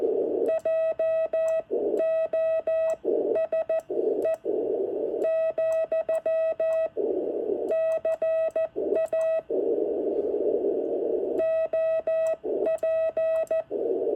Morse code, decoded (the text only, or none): JOSE, CA OP